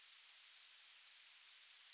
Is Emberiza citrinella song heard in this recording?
yes